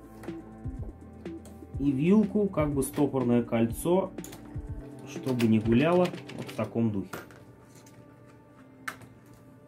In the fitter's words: Аналогично вторую муфту. До щелчка, вилка, стопор в домике.